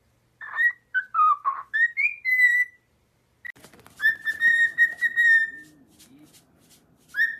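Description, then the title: Cockatiel whistled song: a string of short wavering whistles, a brief silence, then steadier whistled notes, ending on another whistle. Several cockatiels whistling, singing. "Calopsitas Cantando Assobio"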